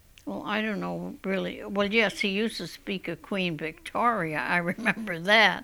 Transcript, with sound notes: oh, I don't know really. Well, yes, he used to speak of Queen Victoria. ( she laughs ) I remember that.